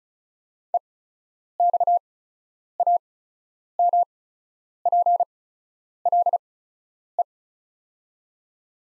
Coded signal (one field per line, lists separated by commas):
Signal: Morse code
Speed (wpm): 34 wpm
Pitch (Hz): 700 Hz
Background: none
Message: EXAMPLE